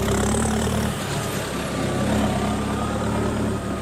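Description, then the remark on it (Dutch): A farmer's tractor, on its way to work his fields, drives past with its heavy diesel engine rumbling steadily and loudly, a deep low throb with a gritty mechanical roar, and no voices. “Er komt al een boze boer aan met een trekker.”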